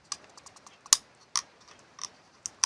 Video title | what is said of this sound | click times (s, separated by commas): Екшн-камера для рибалки Aspiring Repeat 4 ULTRA HD 4K DUAL SCREEN | І до щілчка отак от. | 0.9 s